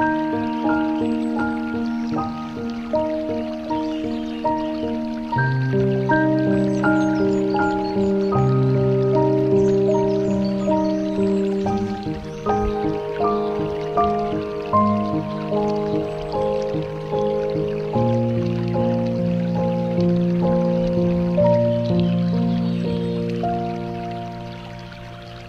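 A gentle piano plays a steady, repeating melody over sustained low chords that shift roughly every five seconds. The notes fall at a regular, unhurried pace and stay warm. A soft, trickling water sound runs faintly underneath, and the music thins toward the end.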